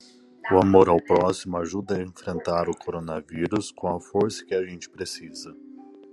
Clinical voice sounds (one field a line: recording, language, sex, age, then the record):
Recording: spoken sentence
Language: Brazilian Portuguese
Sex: male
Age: 30 to 39 years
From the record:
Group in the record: control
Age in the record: 33 years